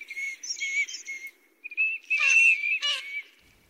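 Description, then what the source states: Eurasian teal giving short, high whistled notes, with a brief burst of harsher calls partway through. Eurasian teal recorded at a pond in Kagawa Prefecture, Japan.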